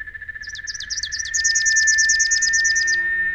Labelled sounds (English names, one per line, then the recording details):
Rufous-capped Warbler song
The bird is a male
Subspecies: rufifrons
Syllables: 23
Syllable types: 4
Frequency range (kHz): 3.0-6.8 kHz
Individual SP-R03-M